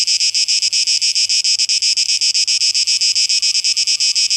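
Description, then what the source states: Cicadas buzz in quick, distinct throbs, about four per second, while a faint thin whistle-like tone runs through the second half. Cicadas, 12 August 2023.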